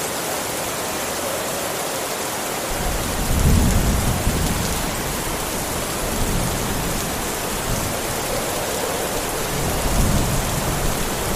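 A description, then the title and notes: Steady, dense rain hisses throughout a thunderstorm in a forest. Starting around three seconds, low thunder rumbles roll in and swell, strongest near three and a half seconds, with softer rumbles returning around six and again near ten seconds. Relaxing Rain And Thunder Sounds In A Forest. The tranquil sounds of a thunderstorm in a remote forest.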